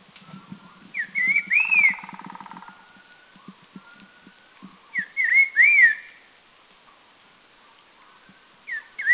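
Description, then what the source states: Red-faced liocichla whistling slurred, swooping phrases about every four seconds, with a brief buzzy sound beneath the first and soft low ticking over the first half. Recorded at Doi Lang, northern Thailand.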